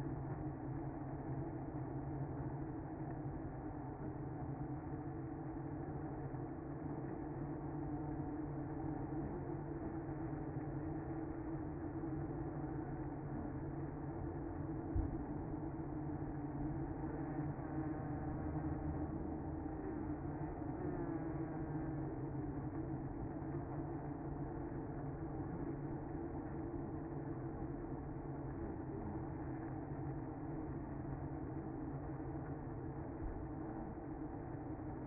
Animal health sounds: honeybee colony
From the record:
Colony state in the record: active

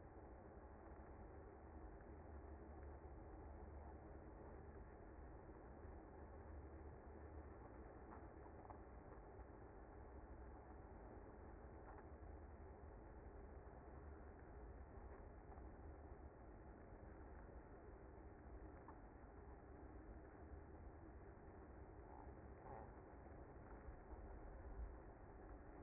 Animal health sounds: honeybee colony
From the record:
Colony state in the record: active

